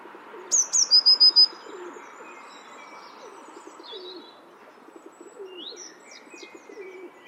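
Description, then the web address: Eurasian blue tit gives a quick run of several high, piercing notes. Quieter chirps from other birds and faint low calls fill the background. "cianscape. Deverinetal"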